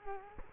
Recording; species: mosquito wingbeat signal from an infrared sensor; Culex quinquefasciatus